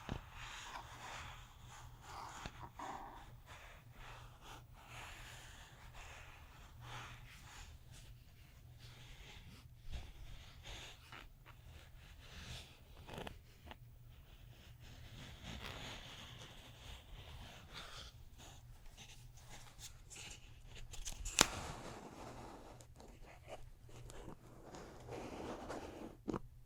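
Neck and shoulder massage sounds: soft rubbing and brushing with frequent small taps over a steady low hum, and one sharp click near 21 seconds.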